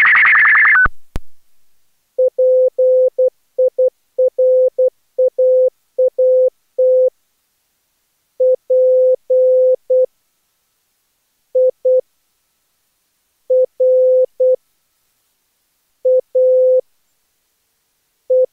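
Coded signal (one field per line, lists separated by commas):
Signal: SSTV (slow-scan television)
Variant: black-and-white mode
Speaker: we will also have an SST picture in bw2 at the end of the bulletin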